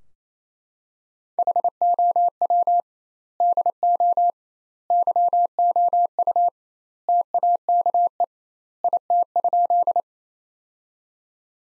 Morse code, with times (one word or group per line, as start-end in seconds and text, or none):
1.4-2.8 HOW
3.4-4.3 DO
4.9-6.5 YOU
7.1-8.2 TAKE
8.8-10.0 IT?